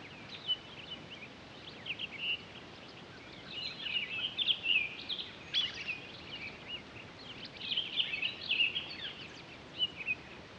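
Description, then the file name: Townsend's solitaire song, high warbling phrases with sharp quick notes in uneven bursts, strongest midway and near the end, soft hiss behind. Recorded 23 October 2011. "20111023 townsends-solitaire"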